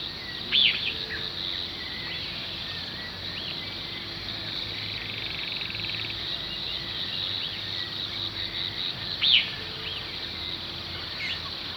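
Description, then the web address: Lesser elaenia gives short arched, slurred notes, two loud ones about nine seconds apart with fainter similar notes between, over a constant high insect buzz. Recorded in Ecuador. "Birds of Ecuador. Lesser Elaenia"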